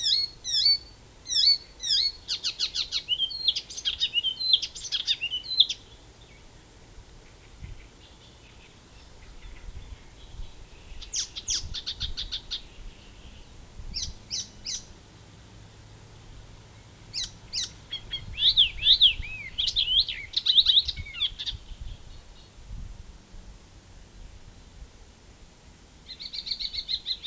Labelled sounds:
Icterine Warbler (Hippolais icterina) song
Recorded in the wild
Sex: male
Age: adult
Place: Großgründlach, Bayern, DE
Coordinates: 49.5306, 11.0017
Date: 1963-05-20
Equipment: Nagra, AKG D19/200, Original, Vollspur
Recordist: Tretzel, Erwin

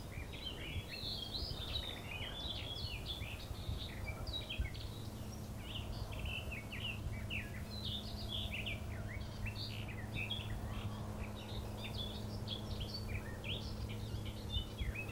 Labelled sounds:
Garden Warbler (Sylvia borin) song
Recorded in the wild
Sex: male
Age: adult
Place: Ossiach, Ossiacher See, Kärnten, AT
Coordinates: 46.6763, 13.9632
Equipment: Hornyphon Bandgerät, Phillips Mikrofon Type EL 6020, Kopie DAT
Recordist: Brunner, Thomas

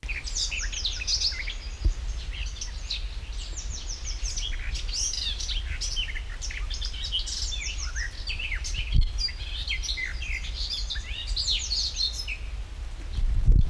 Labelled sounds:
Garden Warbler (Sylvia borin)
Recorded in the wild
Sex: male
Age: adult
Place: Kremmen, Brandenburg, DE
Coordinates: 52.76, 13.03
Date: 1995-06-03 16:19
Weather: heiter, 18-20°C
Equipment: Marantz CP 430, Sennheiser ME 80, Kopie Uher 4000 Report Monitor
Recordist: Tembrock, Günter
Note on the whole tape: Am See: Gesang

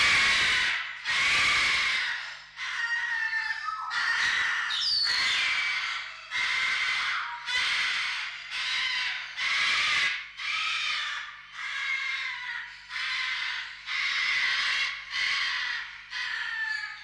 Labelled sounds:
Eclectus Parrot (Eclectus roratus) call
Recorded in captivity
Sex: female
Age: adult
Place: Zoo Berlin, Berlin, DE
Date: 1995-03-04 11:03
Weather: heiter bis wolkig, 1 - 5 °C
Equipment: Marantz CP 130, Sennheiser ME 80, Kopie Uher Variocord 263
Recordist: Tembrock, Günter

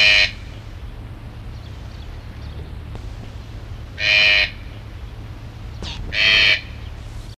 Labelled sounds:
Green-billed Toucan (Ramphastos dicolorus) call
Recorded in captivity
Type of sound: call
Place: Zoo Köln, Nordrhein-Westfalen, DE
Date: 1975-02-15
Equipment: Halbspur, 9,5 cm/s
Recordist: Lütgens, Hans
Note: Rufe, weil Wärter in sein Gehege kommt

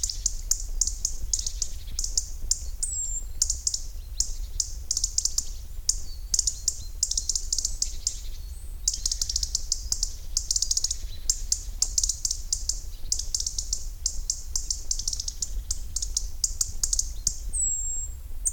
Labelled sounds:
European Robin (Erithacus rubecula) call
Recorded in the wild
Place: Schluft, Schorfheide, Brandenburg, DE
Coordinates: 52.95, 13.45
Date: 1996-08-04 10:35
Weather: wolkig, 14-17°C
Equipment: Sony MD-WM MZ-R3, Sennheiser ME 80, Kopie Uher 4000 Report Monitor
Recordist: Tembrock, Günter
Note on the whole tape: Erregungsrufe, längere Sequenz, sehr gut (bis 10.41 Uhr). Bei Schluft

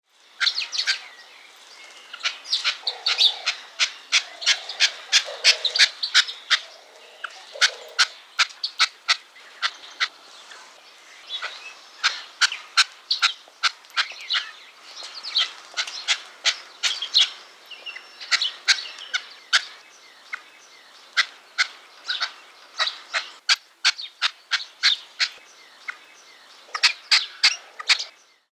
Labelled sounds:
Red-legged Partridge (Alectoris rufa)
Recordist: Tembrock, Günter
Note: Lautfolgen in der Voliere Hintergrund: Haussperling, Turteltaube

